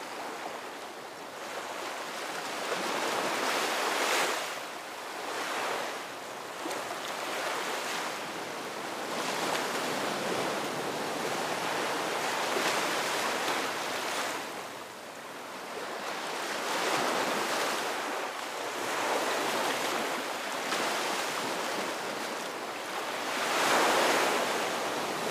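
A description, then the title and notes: Small ocean waves ripple onto a tropical beach in a steady, continuous wash. Soft surges swell and ease every few seconds, with a brighter, closer splash near the end. A light hiss of wind sits underneath throughout. Ocean Waves in Tropical Beach. Tropical Beach where the waves ripple.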